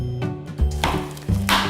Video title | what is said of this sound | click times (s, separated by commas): Crayola MARKER MAKER!!! Family Toy Review & Demonstration | So we heard 2 clicks, that means it's on securely. | 0.8 s, 1.5 s